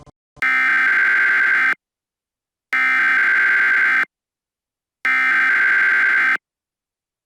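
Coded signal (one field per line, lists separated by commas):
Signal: Emergency Alert System (SAME) tones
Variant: header bursts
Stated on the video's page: Fictional EAS alert themed on SCP 001 When Day Breaks.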